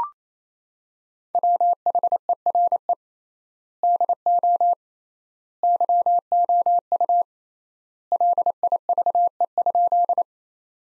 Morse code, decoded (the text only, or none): WHERE DO YOU LIVE?